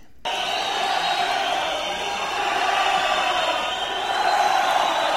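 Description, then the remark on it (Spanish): A large concert crowd chants together in a steady, sustained roar of many voices, swelling slightly in loudness toward the end. “Luego ya la banda se empieza a desesperar y empieza al unísono la entonación magistral de”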